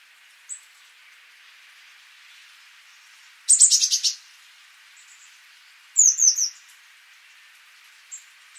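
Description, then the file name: Eurasian blue tit calls: two short bursts of high, scratchy churring notes around three and a half and six seconds, with faint thin tsee notes before, between and after, over a steady background hiss. "Cyanistes caeruleus"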